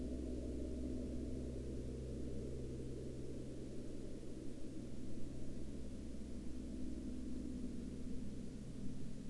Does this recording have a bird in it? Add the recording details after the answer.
no. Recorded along the Dempster Highway, Canada, on 10 April 2019 at 23:04. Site 22